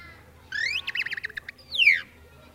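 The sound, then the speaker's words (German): A tit sings alone: a rising high whistle, then a quick run of about eight bright chirping notes, ending on a loud, falling whistled sweep. “Ja, na ja, aber vielleicht hört ihr doch lieber eine Meise.”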